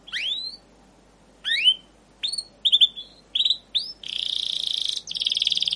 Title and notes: CUIT CUIT NGEROL LANGSUNG GACOR PANJANG Kenari. Kenari GACOR PANJANG Cuit CUIT EMOSI. burung kenari